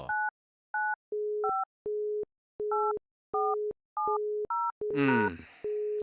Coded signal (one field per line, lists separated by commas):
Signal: DTMF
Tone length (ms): 220 ms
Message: 995 8470#